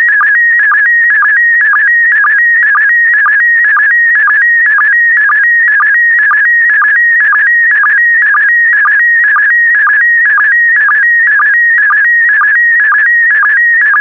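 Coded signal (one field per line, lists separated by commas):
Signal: SSTV (slow-scan television)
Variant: PD120 mode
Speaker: complete. You can now check your decoded image against the picture that is shown on the video.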